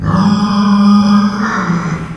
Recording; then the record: squeal of a Yucatan mini pig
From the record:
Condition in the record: after surgery on the right vocal fold (resection and tissue-engineered implant); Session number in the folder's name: 15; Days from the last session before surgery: 175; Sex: female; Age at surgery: 19 weeks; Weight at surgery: 25 kg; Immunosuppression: prednisolone